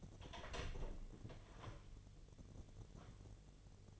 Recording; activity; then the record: daily activity, microphone in the room; open door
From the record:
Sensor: 4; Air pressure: 1008.0 hPa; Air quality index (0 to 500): 183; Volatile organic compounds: 5 ppm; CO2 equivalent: 1830 ppm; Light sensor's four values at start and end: 24/77/29/28 and 23/73/28/27